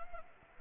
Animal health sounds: mosquito wingbeat signal from an infrared sensor; Anopheles arabiensis

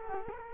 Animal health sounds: mosquito wingbeat signal from an infrared sensor; Culex quinquefasciatus

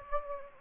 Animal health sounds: mosquito wingbeat signal from an infrared sensor; Anopheles gambiae

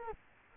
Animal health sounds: mosquito wingbeat signal from an infrared sensor; Culex quinquefasciatus

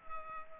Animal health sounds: mosquito wingbeat signal from an infrared sensor; Culex pipiens

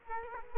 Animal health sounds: mosquito wingbeat signal from an infrared sensor; Culex quinquefasciatus

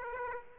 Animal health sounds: mosquito wingbeat signal from an infrared sensor; Aedes aegypti

